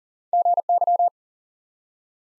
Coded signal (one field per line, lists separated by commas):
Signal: Morse code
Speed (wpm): 40 wpm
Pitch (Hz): 700 Hz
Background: none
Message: GY